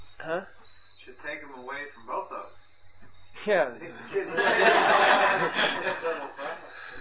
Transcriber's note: everyone laughing